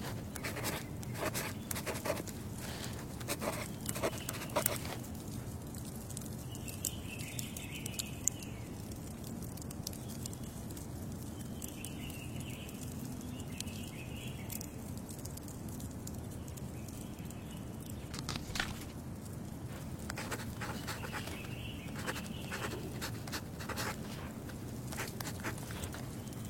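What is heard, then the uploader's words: A wood fire squeaks and crackles over a steady low rumble. Sharp pops come in dense bursts during the first five seconds and again around 18 and 23 seconds, while soft, high squeaks rise and fade at intervals through the middle and end. The ice crystals are pure and the wood fire is squeaking.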